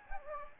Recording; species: mosquito wingbeat signal from an infrared sensor; Anopheles gambiae